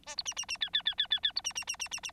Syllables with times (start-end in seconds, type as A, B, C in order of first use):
0.06-0.15 A, 0.17-0.23 B, 0.25-0.34 C, 0.36-0.45 C, 0.48-0.57 C, 0.60-0.70 D, 0.73-0.82 D, 0.85-0.95 D, 0.98-1.07 D, 1.10-1.20 D, 1.23-1.32 D, 1.35-1.42 B, 1.44-1.53 C, 1.55-1.65 C, 1.67-1.76 C, 1.79-1.88 C, 1.91-2.00 C, 2.03-2.11 C